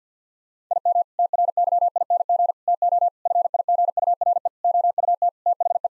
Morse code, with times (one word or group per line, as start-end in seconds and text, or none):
0.7-1.0 IM
1.2-2.5 TRYING
2.7-3.1 TO
3.3-4.5 FIGURE
4.6-5.3 OUT
5.5-5.9 THE